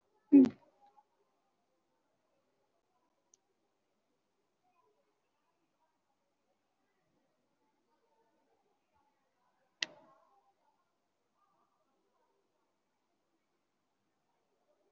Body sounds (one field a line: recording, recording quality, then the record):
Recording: deep breathing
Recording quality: poor, much background noise or distortion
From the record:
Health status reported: COVID-19 positive, moderate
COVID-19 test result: positive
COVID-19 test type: RT-PCR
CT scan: not taken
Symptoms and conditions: fever, muscle pain, loss of smell and taste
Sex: male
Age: 28 years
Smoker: no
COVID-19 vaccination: both doses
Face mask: worn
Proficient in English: yes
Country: India